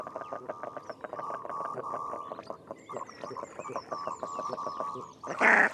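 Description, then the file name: Goosander nasal croaking, rapid pulses in steady runs with tonal stretches, high downslurred whistles in the background, ending in a sudden loud splash-like burst. Close recording of goosander. "Digiffects Sound Effects Library - Close Goosander Bird"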